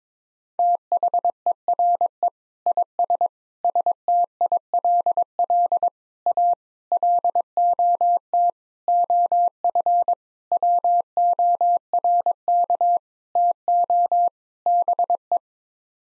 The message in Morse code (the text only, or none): THERE IS STILL A LOT OF WORK TO BE